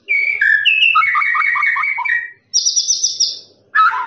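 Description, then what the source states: Lovebird song: a continuous rattling chatter of squeaky notes, then a high buzzy trill, pause, and another harsh burst. Long "ngekek" song, used for training birds.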